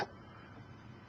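An insulation-displacement (IDC) ribbon cable connector, part of a MEM-3400 ribbon cable for the Heathkit ET-3400 memory socket, is being squeezed onto flat ribbon cable in a bench vise. A brief broadband burst opens the clip, followed by a low, steady noise bed with faint ticking texture. Nothing has seated or clicked yet; the connector is still being handled and is not yet home.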